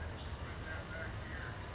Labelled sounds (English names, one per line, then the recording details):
California Towhee
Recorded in Sonoma County, California